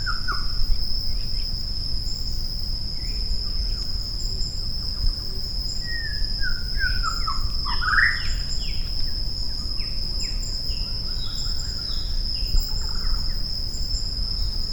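Maratua shama song: varied whistled phrases, many falling in pitch, over a steady high insect drone and low rumbling background noise.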